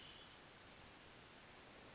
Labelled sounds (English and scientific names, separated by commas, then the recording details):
Hermit Thrush (Catharus guttatus)
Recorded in Sonoma County, California